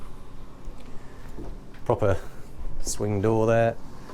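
A cabin swing door on a Princess V50 Open yacht is handled as it swings toward its magnetic hold-open catch, with a faint knock around 1.8 s and someone talking. Nothing has seated or clicked into the catch yet.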